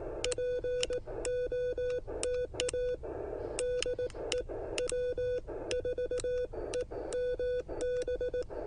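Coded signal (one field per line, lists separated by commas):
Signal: Morse code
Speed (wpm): 18 wpm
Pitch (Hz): 500 Hz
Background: none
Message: POTA DE W4EMB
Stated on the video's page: CW parks activation with short contacts, using an Elecraft KX1 and Penntek TR45L.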